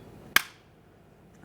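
A master power window switch for a 2009-2014 Nissan Maxima is pressed down into its door switch panel bezel on the side that had not clicked yet. At 0.4 s its last plastic locking tab snaps in with one sharp, bright click, followed by near silence and a faint tap near 1.4 s. The switch is seated.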